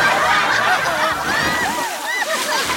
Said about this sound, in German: machte die Düsen startklar und das Wasser traf